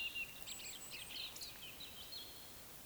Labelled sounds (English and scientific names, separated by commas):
Eurasian Woodcock (Scolopax rusticola) whistle